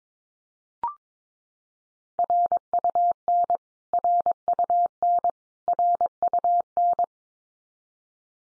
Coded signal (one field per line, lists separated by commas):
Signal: Morse code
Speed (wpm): 22 wpm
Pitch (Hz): 700 Hz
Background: none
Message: RUN RUN RUN